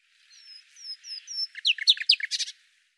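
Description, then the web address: Bird song, a few thin drawn-out whistles followed by a quick run of sharp chirping notes. "Deverinetal 2025"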